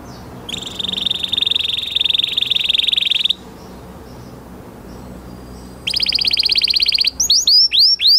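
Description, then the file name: Canary song: a long rapid buzzy trill for about three seconds, a pause, then another fast trill followed by a few quick slurred whistled notes. "Canary Voice"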